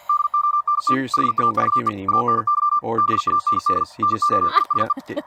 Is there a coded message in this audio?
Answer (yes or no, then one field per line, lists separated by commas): yes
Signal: Morse code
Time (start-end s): 0.1-4.9 s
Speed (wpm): 48 wpm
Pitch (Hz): 1180 Hz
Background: speech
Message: DONT HAVE ANY BAND NOISE